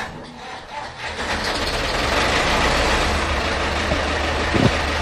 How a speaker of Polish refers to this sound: On się jeszcze sprawdza, no bo pewnie jest leciwy. Te ciągniki są i jeszcze długo będą. To jest Ursus C360. Ciągniki, które były produkowane już przed 30-40 laty. I ja myślę, że tu na Sądecczyźnie to jeszcze większość tych ciągników jest.